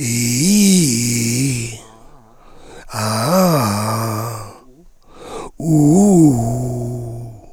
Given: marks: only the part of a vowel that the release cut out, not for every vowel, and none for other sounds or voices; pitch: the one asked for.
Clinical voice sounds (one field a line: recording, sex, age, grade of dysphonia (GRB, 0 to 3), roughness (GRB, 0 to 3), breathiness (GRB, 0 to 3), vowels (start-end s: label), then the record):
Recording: sustained vowels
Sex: male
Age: 30 to 39 years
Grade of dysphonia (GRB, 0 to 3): 3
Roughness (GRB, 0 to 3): 3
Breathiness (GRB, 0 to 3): 3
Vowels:
0.86-1.41 s: vowel /i/, low-high-low pitch
3.09-4.03 s: vowel /a/, low-high-low pitch
5.75-6.82 s: vowel /u/, low-high-low pitch
From the record:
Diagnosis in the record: laryngeal tumor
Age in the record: 38 years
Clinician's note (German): Riesiger KK-Tu links, transglottisch, 3-Etagen